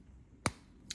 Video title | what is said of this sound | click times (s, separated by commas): Leatherman Signal Upgrade Kit | There we go. It's snapped into place. | 0.5 s